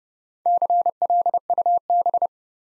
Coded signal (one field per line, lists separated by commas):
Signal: Morse code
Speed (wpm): 31 wpm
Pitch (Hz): 700 Hz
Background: none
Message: CLUB